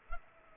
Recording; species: mosquito wingbeat signal from an infrared sensor; Culex pipiens